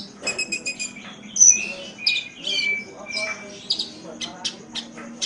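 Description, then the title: Oriental magpie-robin song mixing harsh rasping notes with clear whistles and a long level whistle, in a steady stream. "Kicau Kacer"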